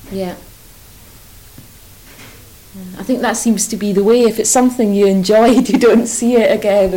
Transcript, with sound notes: Yeah. I think that seems to be the way. If it's something you enjoy, [laughs] you don't see it again.